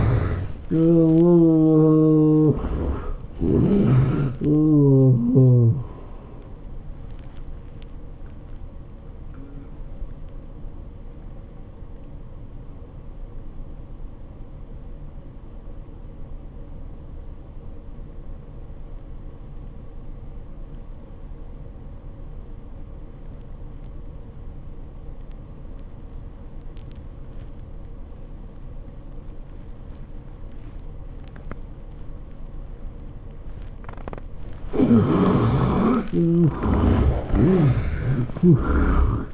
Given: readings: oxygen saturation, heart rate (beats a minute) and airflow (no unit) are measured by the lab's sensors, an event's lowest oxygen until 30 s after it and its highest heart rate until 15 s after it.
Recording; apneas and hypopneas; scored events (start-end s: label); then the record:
breathing in sleep by a smartphone at the bedside; 1
17.00-39.34 s: new sleep stage, N2 (light sleep)
18.00-35.10 s: obstructive apnea (N2, oxygen 96% highest, then 70% lowest, heart rate 83 at the start, 104 highest)
From the record:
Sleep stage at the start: N1 (lightest sleep); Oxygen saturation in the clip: 70 to 96%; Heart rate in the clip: 72 to 107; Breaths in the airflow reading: 5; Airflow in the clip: -14.0 to 12.4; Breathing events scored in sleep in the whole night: 403 in 5.5 hours asleep